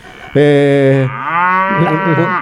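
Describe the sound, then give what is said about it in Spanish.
A cow lets out one long, loud moo: a steady low tone that bends upward into a wavering, rougher second half before trailing off. No one talks over it. “vaya uno a controlar una vaca gallega borracha.”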